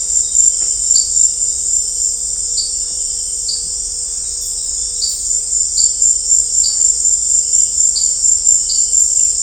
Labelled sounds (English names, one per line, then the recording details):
none
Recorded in dense forest near Puerto Asís, Putumayo, Colombia, on 21 December 2024 at 18:30
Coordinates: 0.500, -76.322
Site G053